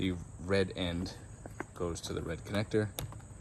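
The red end of a foot-pump hose quick connector is handled next to the matching red connector of a solar shower bag, with faint handling sounds under someone talking. The hose end has not gone home yet, and nothing has seated or clicked in the clip.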